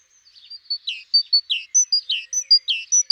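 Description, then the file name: Great tit song building from soft notes into loud alternating high and lower notes, repeated quickly several times. "Parus major"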